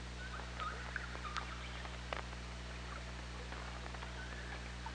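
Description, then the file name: Orca calls, brief faint tonal squeals held near one pitch, with scattered sharp clicks over a steady low underwater hum. Recorded on the OrcaLab hydrophone, 24 August 2017 at 17:55. "Orca Lab UTLN JASON 20170824 175530"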